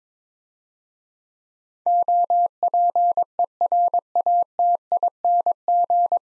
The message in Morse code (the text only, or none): OPERATING